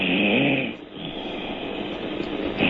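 An elderly woman, asleep during a live radio phone call, snores: a buzzing, low-pitched snore lasts about half a second, then fades, and another, louder snore begins at the end, as if she had moved closer to the phone. The sound is thin and muffled like a telephone line. This is ordinary sleep snoring from vibration of the soft tissues of the throat.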